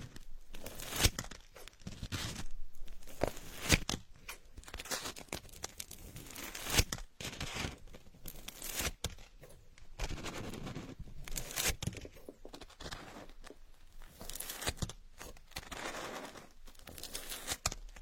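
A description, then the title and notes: Scratchy strokes of drawing on a board and paper come in quick irregular bursts, each a short rasping sweep with brief pauses between. The scraping is bright and dry, with light crinkling and soft handling noises. Drawing planets on the blackboard, paper and pen drawing board.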